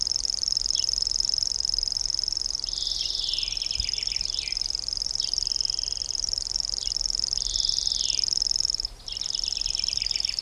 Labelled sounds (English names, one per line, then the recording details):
Common Grasshopper Warbler song
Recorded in the wild
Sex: male
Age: adult
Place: Blankenfelde (Arkenberge), Kiessee Arkenberge, Berlin, DE
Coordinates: 52.64, 13.4111
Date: 1980-05-10 10:03
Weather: sunny, 12°C
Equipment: Uher CR 210, Sennheiser MD 421 HL, Verstärker, Kopie Uher 4200
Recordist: Tembrock, Günter